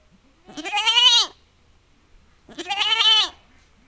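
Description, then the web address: Goat bleating twice, two wavering, harmonic-rich bleats about a second long each, separated by a short quiet gap. Domestic goat in a farmyard, described as a dialogue in the wind. "allathangok parasztudvar hazikecske kecske parbeszedaszelben"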